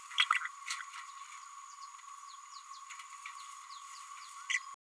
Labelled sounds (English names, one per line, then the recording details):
Green-rumped Parrotlet babbling
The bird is a female
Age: 28 days
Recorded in a nest box in Venezuela
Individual 17B102A6